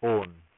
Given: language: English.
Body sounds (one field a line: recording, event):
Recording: throat vibration sensor signal played as sound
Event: speech